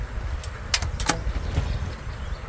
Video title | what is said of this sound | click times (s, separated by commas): Cummins injections, troubles, and a little funny just for good measure. 5.9 Cummins | push till it snapped. | 0.7 s